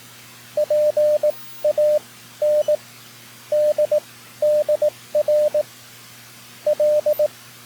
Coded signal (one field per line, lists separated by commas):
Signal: Morse code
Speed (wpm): 19 wpm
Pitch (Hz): 600 Hz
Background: radio noise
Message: PANDDR L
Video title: N3ZN Session 9-7-2025 #hamradio #cw #morsecode #pota #skcc #keys